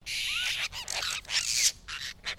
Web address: Sound Effects-Foundation. BIRD APOSTLE BIRD GROUP CALL